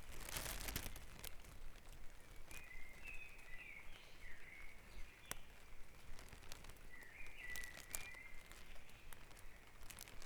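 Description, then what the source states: Bird song in two bursts of quick, rippling warbled notes several seconds apart, with sharp clicks and crackling noise throughout. Dawn chorus recorded at Back Dragon Avenue, Harrogate, part of a sound map of Harrogate.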